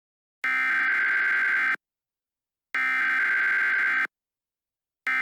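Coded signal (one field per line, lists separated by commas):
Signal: Emergency Alert System (SAME) tones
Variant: header bursts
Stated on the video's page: Fictional EAS scenario using actual EAS tones.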